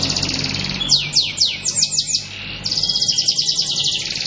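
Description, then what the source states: Atlantic canary song opening with a bright rapid trill, then a run of descending slurred notes, and closing with another fast high trill. Cengkok mewah song style.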